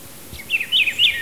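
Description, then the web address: Rufous-browed peppershrike singing a quick rolling phrase of clear whistled notes that rise and fall. Ecuador. "Natures Songs S America Birds of Ecuador Rufous-browed Peppershrike"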